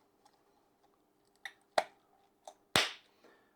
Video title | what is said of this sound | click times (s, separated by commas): HogLights FusionFX DRL Indicator install | once it's clicked in you'll hear it nice uh nice resounding click and that's that component done | 2.8 s